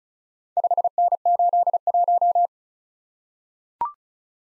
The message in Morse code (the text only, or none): 5N81